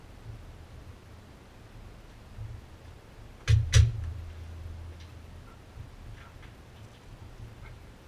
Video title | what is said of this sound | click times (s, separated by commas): CANON IR ADVANCE C5030/C5035/C5045/C5051 Film Assembly and Pressure Roller for Fuser Unit | Once you hear the top cover snap into place, now we will add the screws. | 3.5 s, 3.7 s